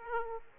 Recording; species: mosquito wingbeat signal from an infrared sensor; Aedes aegypti